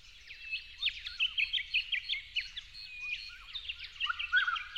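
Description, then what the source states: Yellow-faced honeyeater song: brisk sequence of bright, slurred chirps and clipped notes, rising and falling, with a brief pause midway. At dawn, dated 08/01/12.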